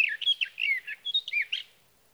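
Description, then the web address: Sage thrasher song: a rapid, jumbled run of warbled and whistled phrases, slurred up and down, lasting under two seconds against a quiet background. "birdsongforthecurious songs Sage Thrasher"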